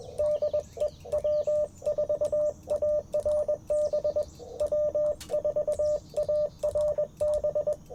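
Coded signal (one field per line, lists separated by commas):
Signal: Morse code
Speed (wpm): 21 wpm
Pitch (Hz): 600 Hz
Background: radio noise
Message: DE W4ARB W4ARB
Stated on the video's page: Sunrise Parks on the Air CW activation at a national forest, using an Icom IC-705 with a Modern Morse Nameless key and a coil-loaded whip antenna.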